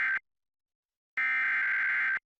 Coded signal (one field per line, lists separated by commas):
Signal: Emergency Alert System (SAME) tones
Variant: header bursts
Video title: WYBE Emergency Alert System - Severe Thunderstorm Warning (July 14, 2017)